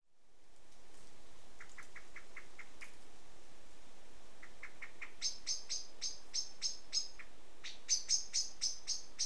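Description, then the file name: Common blackbird chink calls building into a rapid repeated series in the second half, after several softer, lower clicks, over constant hiss. "Turdus merula"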